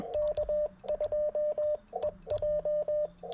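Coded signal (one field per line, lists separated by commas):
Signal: Morse code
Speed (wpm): 21 wpm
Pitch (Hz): 600 Hz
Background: radio noise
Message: K2EJ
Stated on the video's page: QRP CW Parks on the Air activation sent with paddles on an Icom IC-705 into a Chelegance MC-750 antenna.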